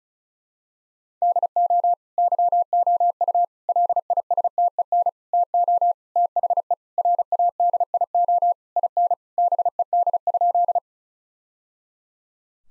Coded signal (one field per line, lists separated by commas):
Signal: Morse code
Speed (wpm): 34 wpm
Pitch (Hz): 700 Hz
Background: none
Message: DO YOU LISTEN TO THE RADIO IN BED?